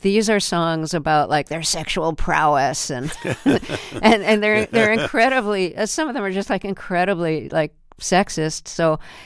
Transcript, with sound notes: But these are songs about, like, their sexual prowess and...
(Laughter).
And they're incredibly - some of them are just, like, incredibly, like, sexist.